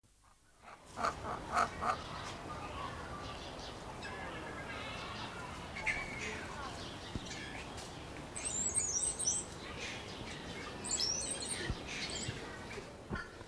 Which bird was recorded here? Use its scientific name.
Syrigma sibilatrix